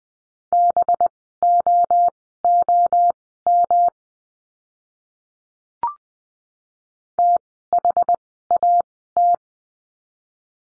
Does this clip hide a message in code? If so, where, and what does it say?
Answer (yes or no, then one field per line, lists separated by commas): yes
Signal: Morse code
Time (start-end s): 0.5-9.3 s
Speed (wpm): 20 wpm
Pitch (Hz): 700 Hz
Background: none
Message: BOOM THAT